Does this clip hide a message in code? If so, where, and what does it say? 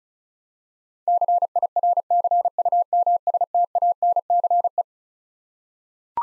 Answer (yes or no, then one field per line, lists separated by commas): yes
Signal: Morse code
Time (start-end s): 1.1-4.8 s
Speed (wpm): 34 wpm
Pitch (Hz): 700 Hz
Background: none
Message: CIRCUMSTANCE